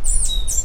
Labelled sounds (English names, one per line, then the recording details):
Stitchbird song
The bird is a male
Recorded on Tiritiri Matangi Island, New Zealand, in 2005
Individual 2, of nest box 2